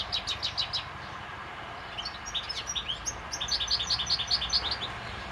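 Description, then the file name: European goldfinch chattering calls, liquid twittering notes in several quick bursts, some higher tinkling, over steady faint background hiss. "Carduelis carduelis"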